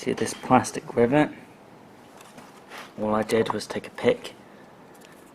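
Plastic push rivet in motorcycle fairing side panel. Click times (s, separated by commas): 5.1 s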